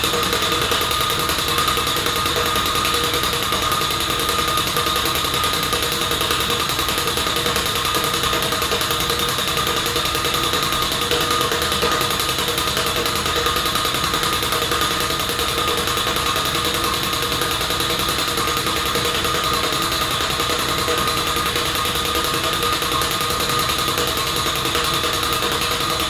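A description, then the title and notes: A pile driver works steadily, a dense, unbroken clatter of rapid, regular blows over a constant engine drone. Several steady whining tones ride high above the pounding, and the loudness hardly changes over the whole stretch. A pile drive driving piles.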